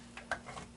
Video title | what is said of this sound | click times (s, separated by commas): DEAD GAMING COMPUTER - How to Diagnose and Fix it! | Nice solid click. The bracket's holding it in place. | 0.3 s